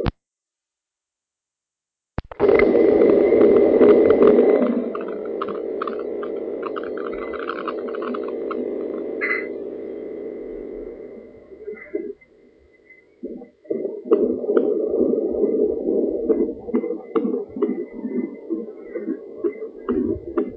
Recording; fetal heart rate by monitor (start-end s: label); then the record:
fetal heart sounds by stethoscope on the mother's abdomen
0.00-10.00 s: 135 bpm
10.00-20.00 s: 137 bpm
From the record:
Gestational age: 38 weeks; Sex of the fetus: girl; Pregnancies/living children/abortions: 3/1/1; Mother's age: 29 years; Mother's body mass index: 31.2